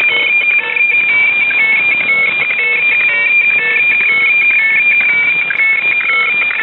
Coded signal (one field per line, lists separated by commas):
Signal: weather fax (radiofax)